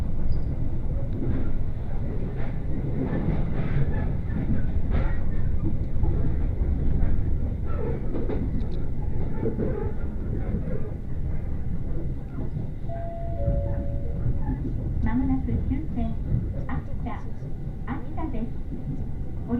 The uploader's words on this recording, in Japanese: 耳で楽しむ鉄道旅 羽越本線 羽後本荘→秋田。今度は桂根駅を通過する列車なので１つ停車駅が少なくなります。羽後本荘で沢山乗車しているので車内が混雑しています。